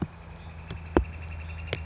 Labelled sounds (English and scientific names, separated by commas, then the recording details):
Northern Flicker (Colaptes auratus)
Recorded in Sonoma County, California